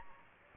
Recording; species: mosquito wingbeat signal from an infrared sensor; Aedes aegypti